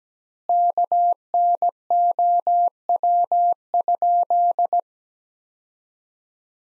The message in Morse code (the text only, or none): KNOW?